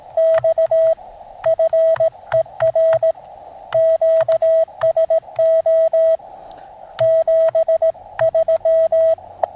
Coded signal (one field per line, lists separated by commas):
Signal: Morse code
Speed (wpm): 18 wpm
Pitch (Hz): 650 Hz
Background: radio noise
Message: X FER QSO 73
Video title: QRP Radio in the Fall Colors of New Mexico. CW Morse code.